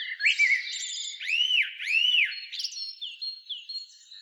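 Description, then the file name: Eurasian blackbird song: a pair of clear, arching fluted whistles, each rising then falling, followed by softer twittering notes. "Turdus merula"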